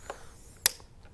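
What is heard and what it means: A small adjustable Pro Bike Tool T-handle torque driver, set to 4–6 Nm, tightens a bolt on a bike and breaks over with a loud, sharp click at 0.7 s as it reaches its set torque. A faint tick is heard around 0.1 s before the click, and the torque setting is confirmed as reached.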